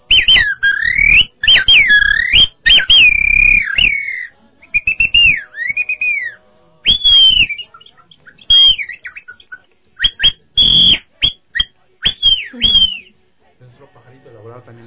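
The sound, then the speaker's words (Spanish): A bamboo bird whistle, called a tunda or shamanic flute and used to imitate jungle animals, warbles in high, bright trills and sliding chirps, played in loud bursts separated by short pauses, then stops, leaving a faint low hum. “Tenemos otro instrumento que es un pajarito.”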